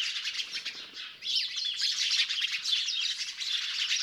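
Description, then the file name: House sparrow chirping calls, a dense chatter of overlapping short chirps, quieter for the first second and then swelling into a continuous busy chatter. "Passer domesticus"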